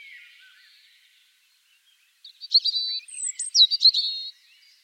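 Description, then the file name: European robin delivering a high, varied phrase of thin whistles and trills after a short pause, the notes jumping quickly between pitches. "Erithacus rubecula"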